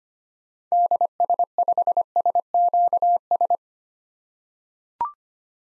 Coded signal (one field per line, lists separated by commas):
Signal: Morse code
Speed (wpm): 25 wpm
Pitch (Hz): 700 Hz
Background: none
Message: DS5SQS